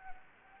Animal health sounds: mosquito wingbeat signal from an infrared sensor; Anopheles gambiae

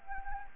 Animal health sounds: mosquito wingbeat signal from an infrared sensor; Anopheles gambiae

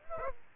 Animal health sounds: mosquito wingbeat signal from an infrared sensor; Aedes aegypti

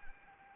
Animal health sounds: mosquito wingbeat signal from an infrared sensor; Anopheles arabiensis

